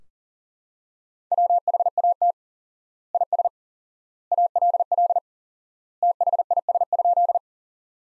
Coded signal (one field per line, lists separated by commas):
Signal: Morse code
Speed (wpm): 40 wpm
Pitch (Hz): 700 Hz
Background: none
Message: WHAT IS ALL THIS?